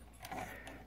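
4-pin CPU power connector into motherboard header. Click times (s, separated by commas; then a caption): 0.2 s. A 4-pin CPU power connector is pushed down into its motherboard header, and a short snap is heard at 0.2 s over a low steady hum. The connector is seated.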